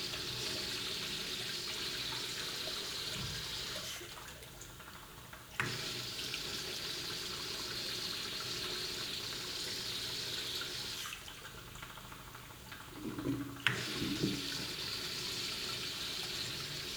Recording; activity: daily activity, guitar pickup as the sensor; flush